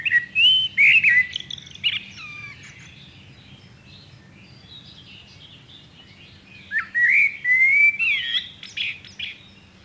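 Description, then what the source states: Common blackbird song with two phrases several seconds apart. Each holds warbled, fluting notes closing in thin scratchy chirps, with a soft low hum in the background. Nominate subspecies Turdus merula merula.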